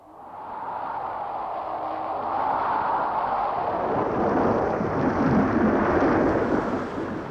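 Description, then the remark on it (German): A steady, roaring storm swells and rumbles continuously, a dense low wash of wind and thunder that builds slightly and stays loud throughout, with no voices. “Raset ihr Winde, flammt herab, Blitze, ihr Wolken bersten und ersäuft das Land.”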